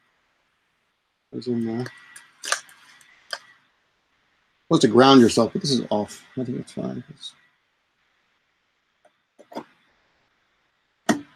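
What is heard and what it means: A 16 GB DDR4 memory module is pushed into a memory slot of a 27-inch iMac that is switched off, and it latches with a sharp click at 11.1 s. Before that, someone talks, with a few short, quieter clicks and taps in between. The module seats in the slot.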